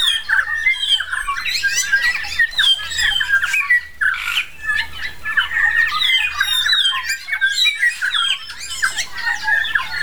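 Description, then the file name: New Zealand bellbirds in full chorus, tumbling bell-like whistles and twangy slurred notes from several birds at once, nearly continuous, with a faint background hum. Several birds singing together on Tiritiri Matangi Island. "New Zealand Bellbirds (Anthornis melanura) singing on Tiritiri Matangi Island"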